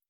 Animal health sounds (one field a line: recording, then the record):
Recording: hydrophone in a shrimp aquaculture tank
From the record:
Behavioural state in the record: stressed